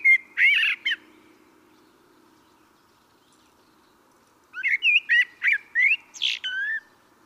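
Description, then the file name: Common blackbird song: a short fluty warbled phrase ending in thin squeaky notes, then a pause, then a longer mellow whistled phrase with twittering flourishes. "Turdus merula"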